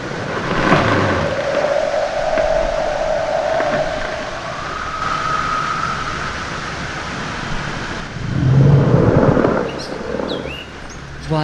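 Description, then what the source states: Leopard seal trills, long sustained tones, the second higher than the first, over a constant crackling, hissing wash of ice, with a deep rumbling burst near the end. Recorded on the West Antarctic Peninsula, mixed with the sounds of iceberg calving and melting brash ice.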